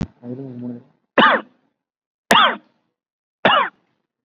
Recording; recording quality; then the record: shallow voluntary cough; excellent, no background noise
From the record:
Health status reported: COVID-19 positive, moderate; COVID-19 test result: positive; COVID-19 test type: RT-PCR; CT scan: not taken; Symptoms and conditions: cough, breathing difficulty, fever, fatigue, muscle pain, loss of smell and taste, hypertension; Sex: male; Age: 50 years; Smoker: no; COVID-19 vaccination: both doses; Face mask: worn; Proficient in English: no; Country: India